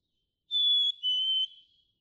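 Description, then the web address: Black-capped Chickadee gives a single pure whistled phrase of two notes, the second dropping a little lower than the first. "birdsongforthecurious songs Black-capped Chickadee"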